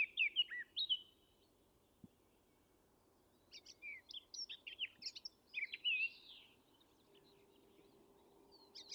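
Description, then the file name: Eurasian blackcap song: a short warbled burst, a few seconds of quiet with a single click, then a looser series of quick chirps and whistled notes. "Sylvia atricapilla"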